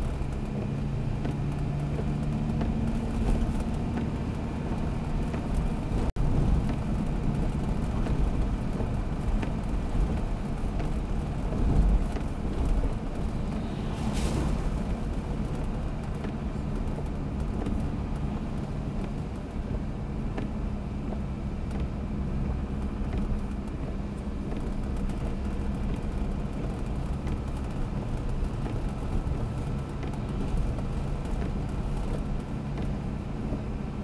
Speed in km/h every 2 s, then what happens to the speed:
70, 75, 77, 78, 79, 76, 75, 74, 73, 69, 67, 67, 66, 68, 67, 68, 70.
0-7 speeds up to 79. 7-20 slows to 67. 20-34 steady at about 67.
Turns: none.